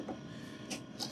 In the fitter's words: you hear it click in that's a good sign